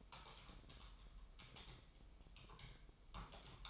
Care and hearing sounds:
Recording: daily activity, microphone in the room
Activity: typing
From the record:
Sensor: 1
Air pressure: 988.8 hPa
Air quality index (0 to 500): 204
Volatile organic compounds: 1000 ppm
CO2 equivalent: 5430 ppm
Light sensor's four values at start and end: 25/93/35/36 and 25/93/35/36

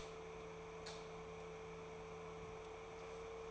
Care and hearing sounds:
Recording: daily activity, microphone in the room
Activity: light on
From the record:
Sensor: 1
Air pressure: 1014.8 hPa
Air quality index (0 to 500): 187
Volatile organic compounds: 19 ppm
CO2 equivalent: 2655 ppm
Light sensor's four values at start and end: 10/25/10/11 and 14/41/15/17

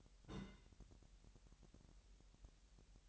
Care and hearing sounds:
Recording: daily activity, microphone in the room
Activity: place on stove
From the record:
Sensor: 3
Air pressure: 1001.9 hPa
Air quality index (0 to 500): 248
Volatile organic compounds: 50 ppm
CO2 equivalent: 3302 ppm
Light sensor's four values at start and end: 6/15/6/6 and 6/15/6/6

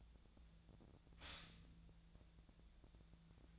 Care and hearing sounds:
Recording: daily activity, microphone in the room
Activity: stop toaster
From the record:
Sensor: 3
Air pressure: 1009.3 hPa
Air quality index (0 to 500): 198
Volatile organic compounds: 16 ppm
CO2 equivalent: 2561 ppm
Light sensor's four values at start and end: 33/82/35/37 and 32/81/34/36

